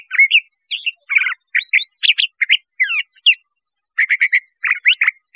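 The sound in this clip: Curve-billed thrasher giving a lively mix of slurred whistles and harsh chattering notes in rapid phrases, pausing briefly near the middle before resuming.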